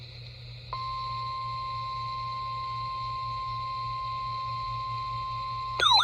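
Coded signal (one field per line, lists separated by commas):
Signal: Emergency Alert System (SAME) tones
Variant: 1050 Hz attention tone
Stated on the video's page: EAS alerts for a Piedmont hailstorm, including a severe thunderstorm warning from a NOAA weather radio transmitter.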